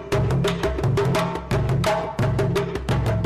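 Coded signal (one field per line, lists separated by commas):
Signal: none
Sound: drum beats in music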